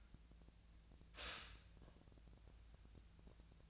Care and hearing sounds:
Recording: daily activity, microphone in the room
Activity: stop toaster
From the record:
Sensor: 2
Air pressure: 1009.2 hPa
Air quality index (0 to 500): 188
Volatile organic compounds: 12 ppm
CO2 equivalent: 2330 ppm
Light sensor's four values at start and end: 22/56/24/26 and 22/56/24/26

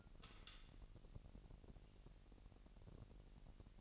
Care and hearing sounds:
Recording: daily activity, microphone in the room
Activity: light on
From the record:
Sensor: 4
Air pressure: 1002.7 hPa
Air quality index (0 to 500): 248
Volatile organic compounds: 17 ppm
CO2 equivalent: 2578 ppm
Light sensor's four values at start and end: 6/14/5/5 and 7/16/6/7

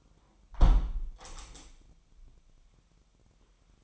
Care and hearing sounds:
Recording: daily activity, microphone in the room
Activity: close window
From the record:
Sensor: 1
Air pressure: 998.0 hPa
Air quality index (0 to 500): 129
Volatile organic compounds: 4 ppm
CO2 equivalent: 1542 ppm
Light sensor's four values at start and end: 17/56/22/23 and 17/56/23/23

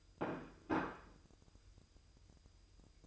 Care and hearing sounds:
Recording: daily activity, microphone in the room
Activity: place plate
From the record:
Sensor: 2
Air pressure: 988.5 hPa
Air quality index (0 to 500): 193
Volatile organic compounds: 196 ppm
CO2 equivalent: 4198 ppm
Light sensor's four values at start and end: 19/65/25/24 and 19/64/25/24

